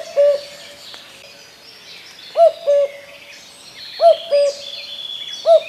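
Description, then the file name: Common cuckoo calling a low two-note cu-coo, repeated every second or two, with small songbirds twittering high in the background. "Kukułka"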